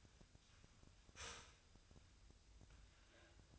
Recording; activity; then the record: daily activity, microphone in the room; start toaster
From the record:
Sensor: 2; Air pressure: 1001.9 hPa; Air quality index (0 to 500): 246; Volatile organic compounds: 37 ppm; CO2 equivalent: 3102 ppm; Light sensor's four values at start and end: 9/30/12/11 and 9/30/12/11